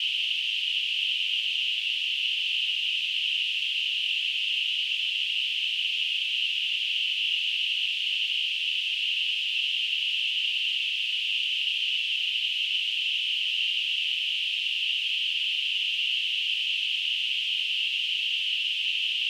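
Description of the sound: A steady, high-pitched hiss concentrated in a narrow band around 3 kHz holds at one even loudness for about 19 seconds, with no breaks or low tones. It is a simulated tinnitus sound, imitating the constant hissing or ringing a person with tinnitus hears.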